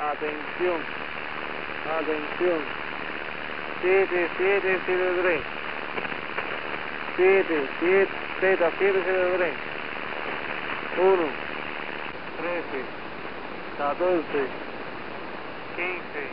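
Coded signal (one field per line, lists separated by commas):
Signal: numbers station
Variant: V20 Lazy Man, Spanish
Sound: flat voice reading short Spanish words and numbers, evenly spaced, over hiss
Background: radio static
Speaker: The Boardman, often referred to as the Lazy Man and given the Enigma ID code V20, was an extremely rare Cuban number station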